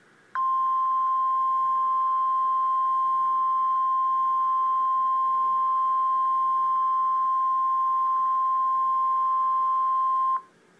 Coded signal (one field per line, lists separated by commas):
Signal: Emergency Alert System (SAME) tones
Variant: 1050 Hz attention tone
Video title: REAL EAS 581-Severe thunderstorm warning